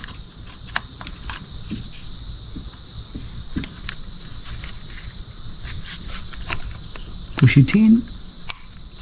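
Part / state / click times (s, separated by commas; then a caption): electrical connector into VVT solenoid / seated / 8.5 s. An electrical connector is pushed by hand onto the exhaust variable valve timing solenoid of a 2009–2013 Toyota Corolla while someone talks over a steady high-pitched background hiss. A short burst of low rustling comes just before a sharp click at 8.5 s, which shows the connector has seated.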